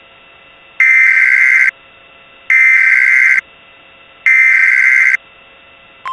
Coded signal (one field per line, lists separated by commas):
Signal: Emergency Alert System (SAME) tones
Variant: header bursts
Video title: EAS Scenario 3.1: The Lurker's Wrath